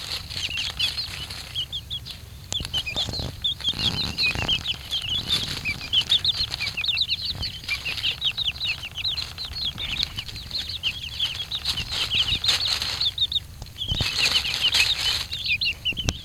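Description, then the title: Silkie chicks peeping, many thin high chirps overlapping throughout, with frequent rustling and scratching in dry leaves and occasional wing flutters. Silkie chicks exploring leaf litter opened up under pruned bushes. "Silky Chicks enjoying leaf litter under pruned bushes"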